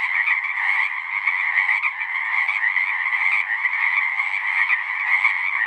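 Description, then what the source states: Pacific chorus frogs calling together in a dense, continuous chorus of overlapping raspy croaks, forming a steady wall of sound without pauses. Full chorus after dusk; males giving the advertisement call, a distinct kree-eeck or ribbit, to attract females.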